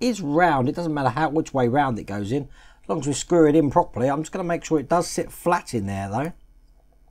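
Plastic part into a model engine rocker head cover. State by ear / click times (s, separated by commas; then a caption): not seated / none. A round plastic part is handled over the rocker head cover of a 1:8 scale 1965 Shelby Cobra 427 semi-competition model engine while someone talks, about to be pressed down so it sits flat. Only faint ticks follow near 6.8 and 7.1 seconds, and nothing has seated or clicked yet.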